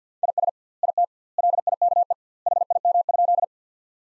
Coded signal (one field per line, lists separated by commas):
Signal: Morse code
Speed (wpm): 50 wpm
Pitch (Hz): 700 Hz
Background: none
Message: IS IT LIKE HIM?